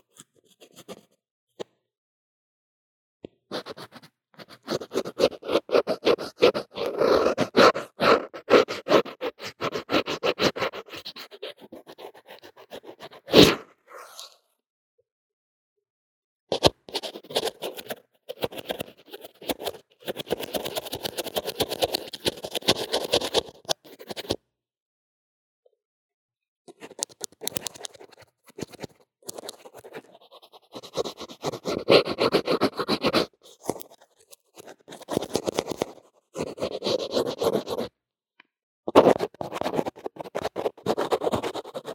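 Drawing and makeup sounds: bursts of rapid scratchy strokes and rubbing, broken by short silences around 14, 25 and 38 seconds.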